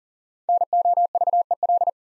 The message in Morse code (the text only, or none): NOVEL